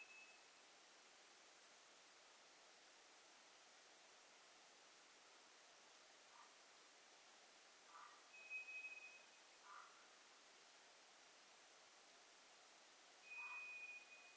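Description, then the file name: White's thrush song: faint, drawn-out monotone whistles separated by long pauses, with a few soft lower notes between them in steady hiss. Recorded 2 July 2007. "toratugumi-20070702"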